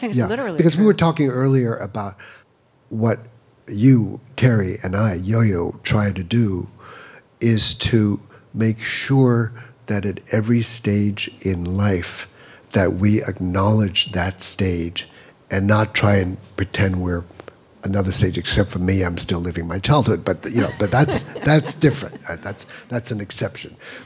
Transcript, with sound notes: Because we were talking earlier about what you, Terry, and I, Yo-Yo, try to do is to make sure that at every stage in life that we acknowledge that stage and not try and pretend we're another stage. Except for me, I'm still living my childhood, but - you know, but that's different.
(LAUGHTER)
That's an exception.